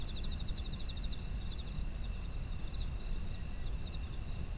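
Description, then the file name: Insects chirping: rapid pulsed trills near the start and later, over steady high ringing tones from a continuous insect chorus and a low rumbling background. Ambient sound of autumn insects. "秋の虫の環境音"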